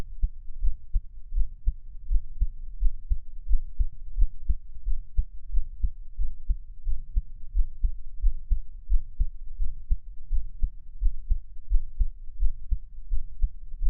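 Steady low thumping of an adult's heartbeat, about 87 beats per minute, with a soft continuous hum underneath.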